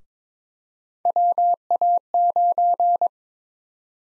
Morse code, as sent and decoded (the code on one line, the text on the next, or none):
.-- .- ----.
WA9